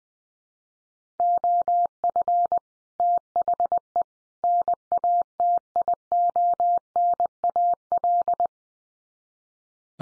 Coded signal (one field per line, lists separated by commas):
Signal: Morse code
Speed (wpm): 20 wpm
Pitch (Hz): 700 Hz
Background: none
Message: OF THE NATIONAL